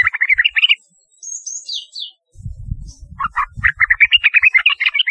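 Yellow-vented bulbul song: bubbly phrases, a thin high sliding whistle, then a quick chattering run, with low thumping noises underneath.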